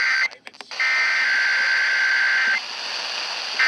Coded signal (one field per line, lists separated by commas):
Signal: Emergency Alert System (SAME) tones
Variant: header bursts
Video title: THE END OF 2022 (FT. A CAE)... EAS Alerts from December 2022 (EAS #1,773 - 1,844)